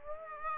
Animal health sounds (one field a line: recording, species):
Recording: mosquito wingbeat signal from an infrared sensor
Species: Aedes aegypti